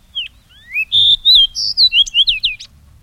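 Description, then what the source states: Fox Sparrow song: a quick, varied run of sweet whistled slurs and short chirps, rising and falling, ending with a sharp note. Jazz-singing birds wintering in Washington, leaving in spring for the Aleutian Islands.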